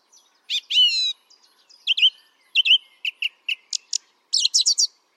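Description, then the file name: Song thrush song: loud slurred opening notes, then a string of short repeated chirps and ending with a rapid cluster of high notes. "singdrossel"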